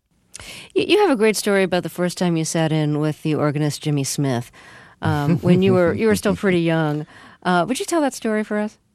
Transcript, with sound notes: You have a great story about the first time you sat in with the organist Jimmy Smith...
(Laughter).
...When you were still pretty young. Would you tell that story for us?